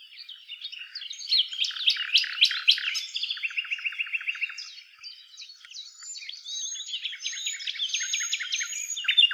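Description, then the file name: Common nightingale song: fast runs of repeated clicking notes, a steady rattling trill, then a string of high, thin, drawn-out whistles and chattering phrases. "Luscinia megarhynchos"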